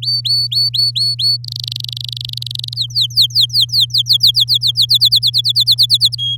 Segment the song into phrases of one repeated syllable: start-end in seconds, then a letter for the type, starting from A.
0.02-1.37 A, 1.44-2.74 B, 2.76-4.98 C, 5.00-6.15 D, 6.18-6.36 E